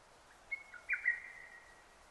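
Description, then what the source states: Lesser cuckoo song: a single brief phrase of several sharp whistled notes over low hiss. Recorded 6 June 2009.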